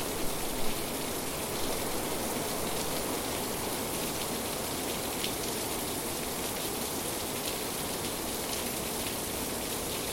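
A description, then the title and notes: Heavy rain from a thunderstorm pours down in a steady, dense hiss that stays even from start to finish. The sound is bright and full, with fine crackling detail on top. A couple of small louder patters come near the start. A soundscape of thunderstorm recordings.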